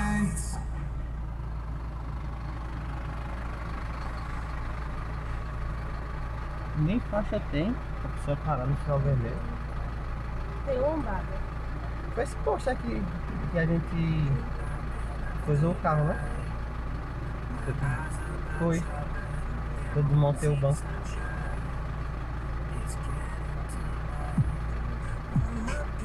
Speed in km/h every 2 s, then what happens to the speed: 0, 0, 0, 0, 0, 0, 0, 0, 0, 0, 0, 0, 0.
0-26 standing.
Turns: none.